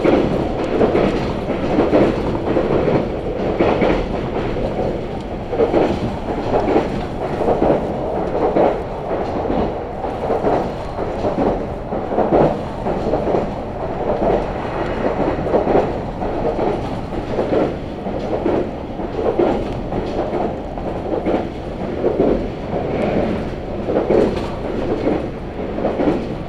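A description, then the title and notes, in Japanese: Riding a train on a local line, a steady low rumble with regular clickety-clack beats from the wheels throughout, loud inside the carriage. 音の旅 佐世保線 有田→北方。普通列車鳥栖行きに乗車します。８１７系の２両編成で、日中駅員がいる駅は全てのドアが開きます。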